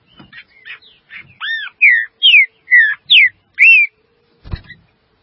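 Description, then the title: Green-winged saltator song: soft notes building into a string of loud, clear slurred whistles, ending with a single sharp knock. "Trinca Ferro"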